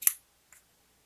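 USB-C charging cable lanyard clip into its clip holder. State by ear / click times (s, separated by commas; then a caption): seated / 0.1 s. A small plastic clip on a USB-C charging cable built as a lanyard is pushed into its clip holder and snaps in place with a sharp, bright click at 0.1 s. A much fainter tick follows around 0.5 s, and the clip ends up seated.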